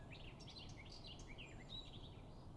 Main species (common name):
Eurasian Blackcap